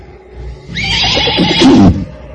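A horse neighs once, a loud, wavering whinny lasting over a second that starts high and shaky, then drops into a rougher, throaty finish, with no voices.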